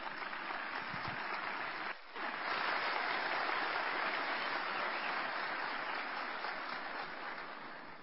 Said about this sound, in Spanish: Demos un fuerte aplauso al ministro de Cultura y Patrimonio, Juan Fernando Velasco.